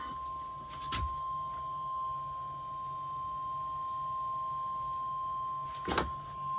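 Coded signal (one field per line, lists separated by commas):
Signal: Emergency Alert System (SAME) tones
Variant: 1050 Hz attention tone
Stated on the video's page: EAS Special Marine Warning.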